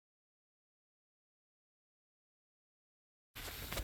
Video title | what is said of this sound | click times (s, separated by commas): pyle marine radio install | okay here we are she clipped right into place | 3.7 s